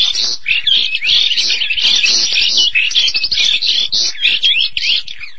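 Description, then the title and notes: Starling song, an unbroken run of high, rapid twittering with whistled slurs and harsh scratchy notes mixed in. "suara burung jalak"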